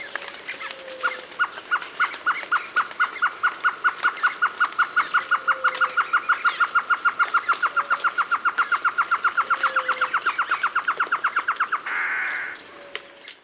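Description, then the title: Great antshrike giving a long series of hoots that speeds up and runs together, ending in a harsh snarl; scattered soft whistles in the background. Subspecies semifasciatus. "LuckyPassaro Completos2Sama. Great Antshrike"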